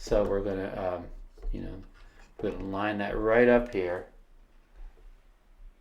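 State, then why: Not seated. Someone talks while lining up the alignment dot on a magnetic phone clamp with the arm of a DJI OM 6 smartphone gimbal. The clamp is being handled but has not yet been pressed on, and nothing has snapped or seated yet.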